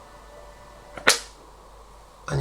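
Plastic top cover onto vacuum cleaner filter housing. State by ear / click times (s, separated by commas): seated / 1.1 s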